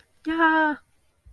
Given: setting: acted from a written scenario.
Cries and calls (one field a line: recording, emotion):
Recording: vocal sound without words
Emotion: pride